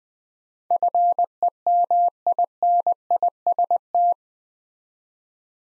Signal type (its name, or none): Morse code